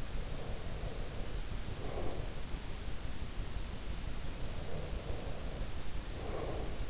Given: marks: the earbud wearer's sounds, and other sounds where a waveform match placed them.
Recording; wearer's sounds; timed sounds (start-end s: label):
sounds in sleep by an in-ear microphone; breath
0.10-2.39 s: breath
4.56-6.90 s: breath